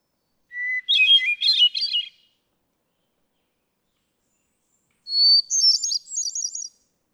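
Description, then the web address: Hermit thrush song, two phrases separated by a pause; each starts with a sustained pure note and spills into ethereal, spiraling trills, the second set higher. "birdsongforthecurious songs Hermit Thrush"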